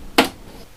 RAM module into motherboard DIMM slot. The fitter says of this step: you should just snap into place if I got it lined up correctly I think